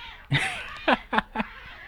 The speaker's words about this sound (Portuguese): os gatos estão brigando aqui perto, não sei se vocês estão escutando, né? Uma brigadeira danada. Calma, deixa eu pregar, meu filho, não brigue não. Eita!